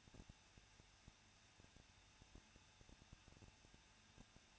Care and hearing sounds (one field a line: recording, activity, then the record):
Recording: daily activity, microphone in the room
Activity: no activity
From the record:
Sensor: 2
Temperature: 21.0 degrees Celsius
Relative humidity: 37.6%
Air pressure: 1006.3 hPa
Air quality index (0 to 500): 224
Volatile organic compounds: 25 ppm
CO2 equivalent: 2848 ppm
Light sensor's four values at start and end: 2/3/2/2 and 2/3/2/2